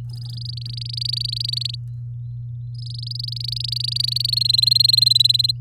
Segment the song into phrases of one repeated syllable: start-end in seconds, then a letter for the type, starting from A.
0.10-1.75 A, 2.75-4.47 A, 4.49-5.51 B